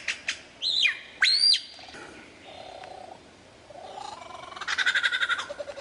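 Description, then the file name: Lyrebird song: two bright arching whistles, a low buzzy stretch, then a fast rattling burst. Song variations. "suara lyrebird variasi"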